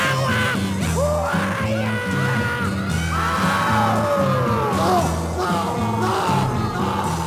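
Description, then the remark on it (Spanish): A man yells and whoops repeatedly over loud music, his voice sliding up and down in pitch above a steady, pulsing bass line that runs throughout. “¿Quién está gritando ahí?”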